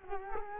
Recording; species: mosquito wingbeat signal from an infrared sensor; Culex quinquefasciatus